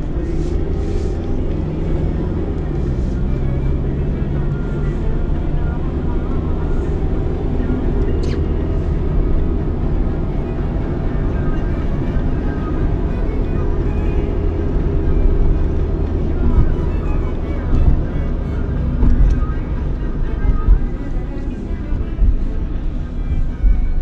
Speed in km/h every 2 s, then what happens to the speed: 35, 49, 58, 64, 62, 64, 67, 63, 61, 49, 31, 26.
0-6 speeds up to 64. 6-13 steady at about 64. 13-24 brakes to 26.